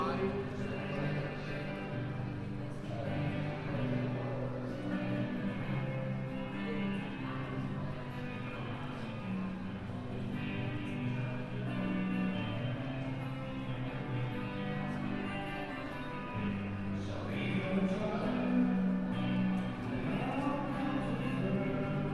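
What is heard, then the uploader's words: On a London street on New Year's Eve, steady dense crowd noise mixes with loud sustained music and scattered voices. A walk around London, new years eve.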